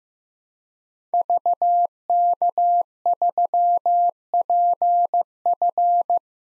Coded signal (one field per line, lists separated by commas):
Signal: Morse code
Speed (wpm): 15 wpm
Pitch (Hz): 700 Hz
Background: none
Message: VK3PF